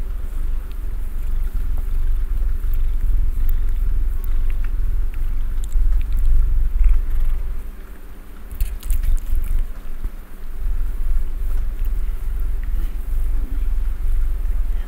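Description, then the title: Domestic cat purr, low rumbling that fades briefly midway before resuming, with a few soft rustles and taps. Domestic cat purring while snuggling. "ASMR Cat Snuggles REAL PURRING"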